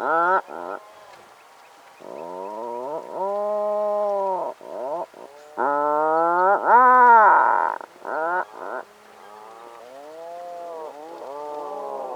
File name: Canto do papagaio do mar